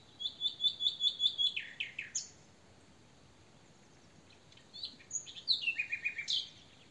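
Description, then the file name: Common nightingale song: rapid repeated high whistles sliding into lower notes, a pause of about two seconds, then a varied phrase ending in a fast stuttering series. "Luscinia megarhynchos"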